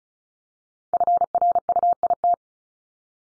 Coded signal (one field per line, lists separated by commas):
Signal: Morse code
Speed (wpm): 36 wpm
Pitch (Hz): 700 Hz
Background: none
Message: FRUIT